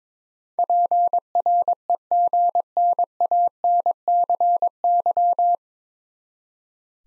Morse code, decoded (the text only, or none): PREGNANCY